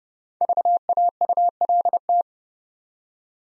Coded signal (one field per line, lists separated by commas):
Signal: Morse code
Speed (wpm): 30 wpm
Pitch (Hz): 700 Hz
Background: none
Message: VAULT